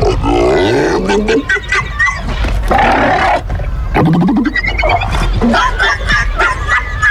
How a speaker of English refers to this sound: Guess what these seals are saying instead?